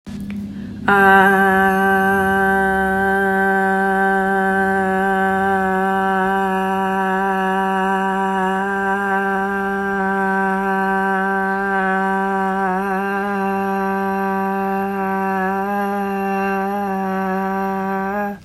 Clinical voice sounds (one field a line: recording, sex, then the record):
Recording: sustained vowel /a/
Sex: female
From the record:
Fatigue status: no fatigue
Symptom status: symptomatic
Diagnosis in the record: COVID-19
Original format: m4a